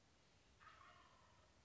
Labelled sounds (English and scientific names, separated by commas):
Wild Turkey (Meleagris gallopavo)